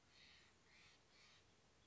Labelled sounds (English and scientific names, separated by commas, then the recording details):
Steller's Jay (Cyanocitta stelleri)
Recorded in Sonoma County, California